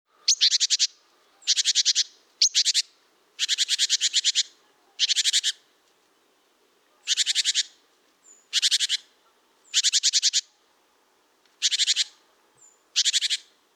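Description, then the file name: Great tit scolding calls: harsh, buzzy chattering bursts under a second long, repeated with short pauses and one longer gap, with a few thin high notes in between. "Parus major"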